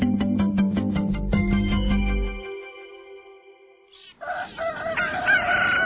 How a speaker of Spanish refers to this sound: Oye, Manuel, ¿qué no escuchas el gallo? Levántate y prende la radio.